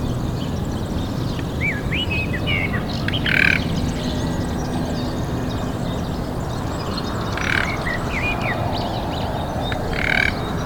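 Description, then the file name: Common nightingale calling with short rising whistles and three grating, buzzy bursts spaced a few seconds apart, against a constant low-pitched roar. "Luscinia megarhynchos"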